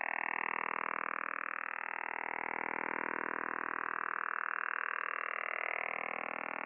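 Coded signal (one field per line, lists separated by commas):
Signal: radar signal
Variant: Kontayner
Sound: continuous harsh rapid buzzing pulse train across the whole band, with slight warbling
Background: radio static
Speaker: container transmits between 6.1 and 32 megahertz at all times of the day so the next time you're monitoring the HF bands be sure to listen out and remember it's not the woodpecker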